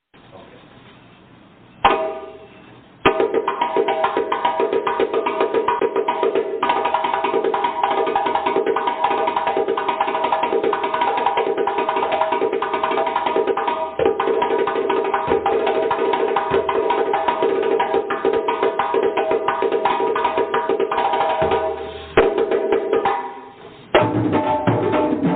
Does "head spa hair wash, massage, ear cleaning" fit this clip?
no